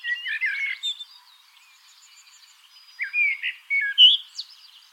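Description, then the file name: Common blackbird singing two warbled, fluty phrases separated by a pause, each ending in higher twittering notes. "Turdus merula"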